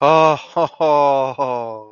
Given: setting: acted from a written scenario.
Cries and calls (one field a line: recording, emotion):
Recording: vocal sound without words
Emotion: relief